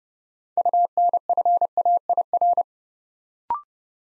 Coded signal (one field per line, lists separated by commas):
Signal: Morse code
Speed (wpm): 30 wpm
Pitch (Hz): 700 Hz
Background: none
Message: UNFAIR